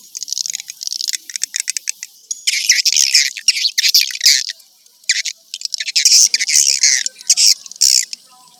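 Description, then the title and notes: Swiftlet chirps: bursts of high, rapid twittering broken by short pauses, some phrases loud and buzzy. Sound used for swiftlet farming in Asia. "Swiflet Bird Sound. Farming Swiflet Bird asia sound"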